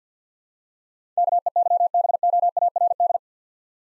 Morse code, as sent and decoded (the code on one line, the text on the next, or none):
-.- . -.-- -... --- .- .-. -..
KEYBOARD